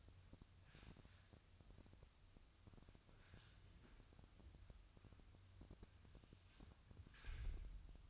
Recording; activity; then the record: daily activity, microphone in the room; wipe stove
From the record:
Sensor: 2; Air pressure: 1004.7 hPa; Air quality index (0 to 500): 73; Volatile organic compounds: 1 ppm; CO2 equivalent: 868 ppm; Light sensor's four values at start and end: 7/16/6/7 and 7/16/6/7